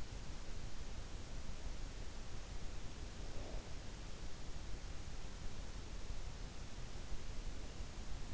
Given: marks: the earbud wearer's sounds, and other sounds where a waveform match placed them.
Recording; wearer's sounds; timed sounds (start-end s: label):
sounds in sleep by an in-ear microphone; breath
2.81-4.10 s: breath